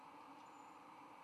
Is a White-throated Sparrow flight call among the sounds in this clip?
no